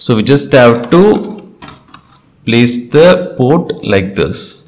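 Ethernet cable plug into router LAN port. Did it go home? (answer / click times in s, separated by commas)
no / none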